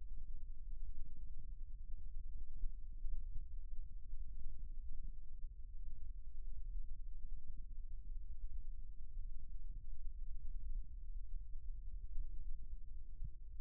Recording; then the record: forearm muscle sounds (acoustic myography)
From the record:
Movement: rest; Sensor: system 1, eight BSWA MPA416 microphones around the upper forearm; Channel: 8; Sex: male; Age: 18 years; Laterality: right